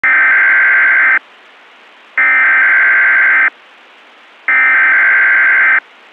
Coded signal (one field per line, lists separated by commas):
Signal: Emergency Alert System (SAME) tones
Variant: header bursts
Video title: [SFM] EAS